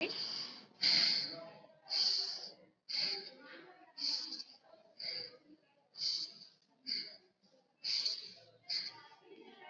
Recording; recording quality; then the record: shallow breathing; excellent, no background noise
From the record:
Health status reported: COVID-19 positive, mild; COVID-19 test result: positive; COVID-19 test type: RT-PCR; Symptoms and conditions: cough, fever, fatigue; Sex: male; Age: 18 years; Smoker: no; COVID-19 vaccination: both doses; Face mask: worn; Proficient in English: yes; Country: India